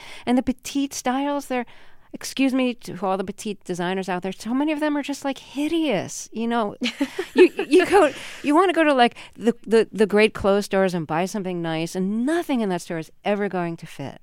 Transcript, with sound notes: And the petite styles, they're - excuse me for all the petite designers out there - so many of them are just like hideous, you know...
(LAUGHTER)
You want to go to like the great clothes stores and buy something nice and nothing in that store is ever going to fit.